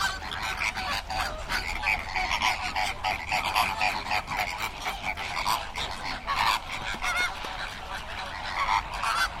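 Flamingo calls: a dense chorus of nasal, goose-like honks and gabbling from many birds overlapping continuously, with no pauses throughout.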